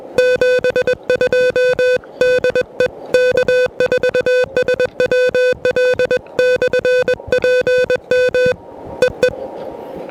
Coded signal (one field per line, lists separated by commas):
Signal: Morse code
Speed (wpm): 21 wpm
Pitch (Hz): 500 Hz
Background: music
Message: 72 DE K4SWL/PM EE